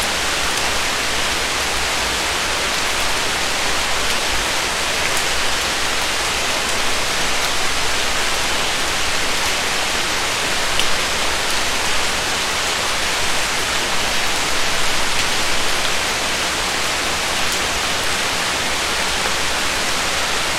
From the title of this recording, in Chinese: 深夜林中细雨 大自然的声音